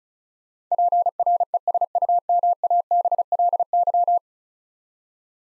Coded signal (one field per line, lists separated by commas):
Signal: Morse code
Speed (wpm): 36 wpm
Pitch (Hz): 700 Hz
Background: none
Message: PRESUMABLY